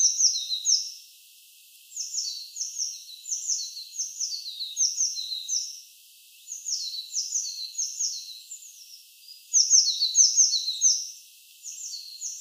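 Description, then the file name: Eurasian blue tit delivering several bursts of rapid, thin, downward-sweeping calls with lower companion notes, separated by short silent gaps. "Cyanistes caeruleus"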